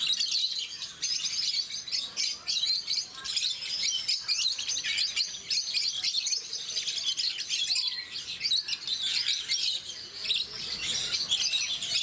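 Rosy-faced lovebird twittering, nonstop shrill chirps and raspy squeaks forming a busy, unbroken chatter throughout.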